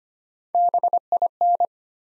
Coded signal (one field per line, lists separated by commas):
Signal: Morse code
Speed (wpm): 25 wpm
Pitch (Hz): 700 Hz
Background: none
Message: BIN